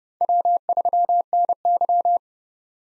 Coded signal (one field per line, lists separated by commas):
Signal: Morse code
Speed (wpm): 30 wpm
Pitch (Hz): 700 Hz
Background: none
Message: W3NY